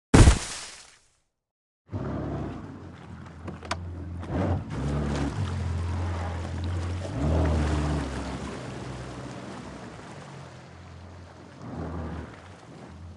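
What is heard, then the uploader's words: Water sounds open with a loud splash that fades to silence, then a low rumbling, churning wash swells and sputters steadily, easing toward the end. Soothing Water Sounds.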